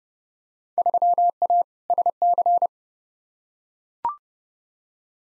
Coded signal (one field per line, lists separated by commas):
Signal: Morse code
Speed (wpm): 29 wpm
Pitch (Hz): 700 Hz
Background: none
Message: 3A SC